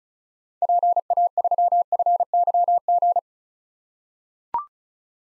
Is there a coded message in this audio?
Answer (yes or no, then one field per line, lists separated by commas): yes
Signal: Morse code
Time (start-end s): 0.6-3.2 s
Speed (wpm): 36 wpm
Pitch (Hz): 700 Hz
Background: none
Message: PA3FYG